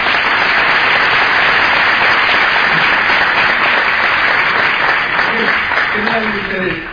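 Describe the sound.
A crowd applauds loudly and steadily for an 88-year-old speaker, dense clapping filling the whole stretch before tapering slightly at the end, where a voice begins to speak over it.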